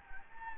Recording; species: mosquito wingbeat signal from an infrared sensor; Anopheles gambiae